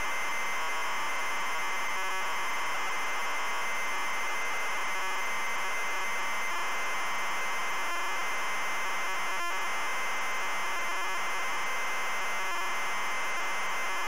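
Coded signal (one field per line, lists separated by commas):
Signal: ZX Spectrum tape loading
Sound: continuous harsh screeching hiss of data loading, with a few brief buzzy bursts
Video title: ZX SPECTRUM Loading Avenger 1986 Gremlin Graphics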